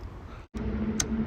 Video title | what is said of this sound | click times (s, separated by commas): How to Replace Vapor Canister Purge Valve on GMC Acadia (2007–2016) | To put in the hose, just push it in until you hear a click. | 1.0 s